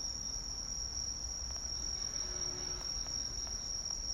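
Cricket calling: an unbroken high-pitched ringing trill, steady throughout, with a few faint clicks and low background rumble.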